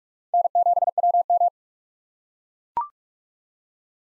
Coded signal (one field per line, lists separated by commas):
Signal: Morse code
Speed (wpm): 42 wpm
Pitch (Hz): 700 Hz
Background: none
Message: N7WM